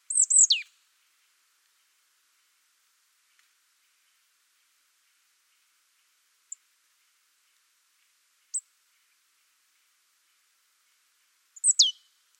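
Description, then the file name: Marsh tit with bright, high, down-slurred call bursts at the start and end, plus two faint single high ticks in between during long quiet gaps. "Poecile palustris"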